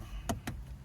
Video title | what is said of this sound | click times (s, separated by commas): Replace Cabin Air Filter Honda Civic | Insert the tray until you hear a click. | 0.3 s, 0.5 s